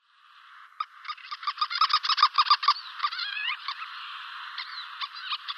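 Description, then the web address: White-tailed lapwing alarm calls begin abruptly after a quiet start: a fast run of clipped notes, then a few wavering rising calls and scattered single notes. "Schulze Peter White-tailed Lapwing alarmcalls"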